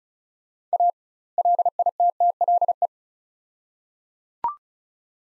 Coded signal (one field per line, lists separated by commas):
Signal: Morse code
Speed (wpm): 34 wpm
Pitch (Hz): 700 Hz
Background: none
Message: A LITTLE